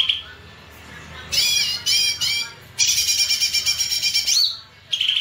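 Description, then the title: Streaked spiderhunter song: harsh, buzzy chattering phrases with stacked harmonics, a long rapid run in the middle ending in a rising note, then a final short burst. Master recording for training caged birds; long, clear, vigorous song. "Pijantung Gunung Gacor Jernih Panjang"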